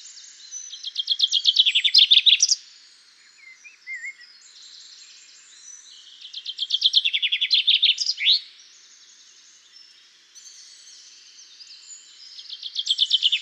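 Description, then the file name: Common chaffinch singing three descending phrases of bright chips, the first two ending in a flourish and the last cut off at the end, separated by quieter background sounds. "Fringilla coelebs"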